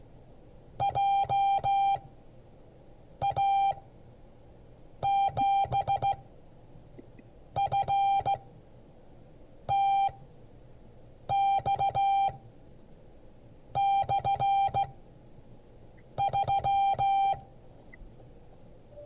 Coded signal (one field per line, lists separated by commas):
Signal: Morse code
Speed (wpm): 15 wpm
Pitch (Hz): 790 Hz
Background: none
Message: JA7FTX/3